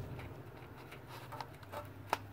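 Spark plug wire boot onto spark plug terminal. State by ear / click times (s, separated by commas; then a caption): seated / 2.1 s. A spark plug wire boot is pushed onto the terminal of a spark plug in an 8.1 L V8 engine. Over a low background hum and a couple of faint taps, one sharp click sounds at 2.1 s as the boot seats on the plug, confirming a good connection.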